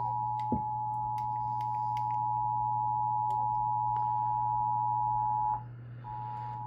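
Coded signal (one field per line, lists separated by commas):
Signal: Emergency Alert System (SAME) tones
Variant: 853 and 960 Hz attention tone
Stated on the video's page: Severe weather EAS alert relayed on KUHF 88.7 FM, KACC 89.7 FM, and TV stations KUBE and KTMD.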